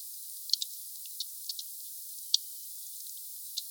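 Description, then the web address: Sperm whale clicks: several sharp, separate clicks at uneven intervals against a constant high hiss. Group of four sperm whales about 3 km away, south of Monaco; recorded 2 m below the surface on 14 January 2020 around 16:00; high-pass filtered and slowed about five times. "Glotin Sphyrna Odyssey meute 4 Cachalots 3 kmdistance enregistre-2 msurface 12 mn Sud Monaco HP 8 k Hz ralenti 5 foisenviron 20200114 160058"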